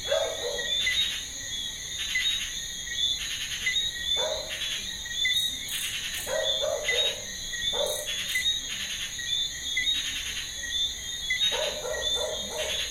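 Frogs call in a garden at evening with repeated bright chirps every second or so over a continuous high cricket whine.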